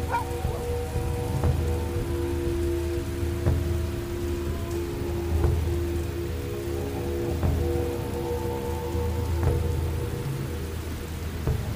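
A dark village ambience with a steady bed of rain-like patter and a low rumbling drone underneath. Faint sustained tones hover in the middle range, while soft knocks or drips land about every two seconds. The texture stays even throughout.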